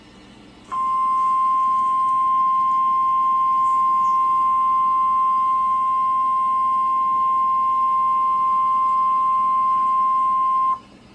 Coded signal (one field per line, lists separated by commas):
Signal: Emergency Alert System (SAME) tones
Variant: 1050 Hz attention tone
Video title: Tornado Watch 181 for Wichita | EAS - NOAA Weather Radio (5/19/2013)